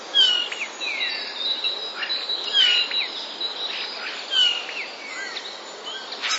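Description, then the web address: Common starling song with short whistled notes and scattered chirps, the whistles recurring roughly every two seconds over a steady high hiss. Starling song containing sounds borrowed from sparrows. "wroblowe zapozyczenia szpaki"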